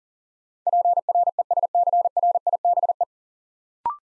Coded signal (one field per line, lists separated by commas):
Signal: Morse code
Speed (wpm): 40 wpm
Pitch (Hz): 700 Hz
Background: none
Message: PRESCRIBE